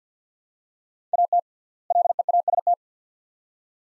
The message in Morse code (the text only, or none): AT LEAST